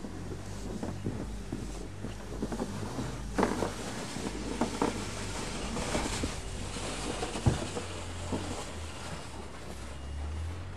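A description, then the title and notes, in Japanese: Snow being cleared, with a steady low droning hum running the whole way through. Irregular scraping and crunching bursts come and go over it, with sharper knocks near three and a half, five and seven and a half seconds, under a constant windy hiss. 湯治場ラジオ 雪下ろしASMR。村井六助さんでの雪下ろしの音を配信します。会話はありません。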